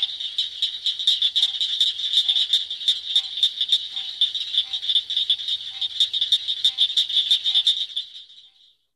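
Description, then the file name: Southern cricket frog calling: a rapid series of sharp, dry clicks, several per second, running steadily for about eight seconds before stopping. "Acris gryllus - Southern Cricket Frog"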